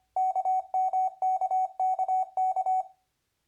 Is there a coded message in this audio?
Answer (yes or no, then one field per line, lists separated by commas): yes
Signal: Morse code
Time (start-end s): 0.2-2.8 s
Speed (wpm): 24 wpm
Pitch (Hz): 750 Hz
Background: none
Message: KMKKK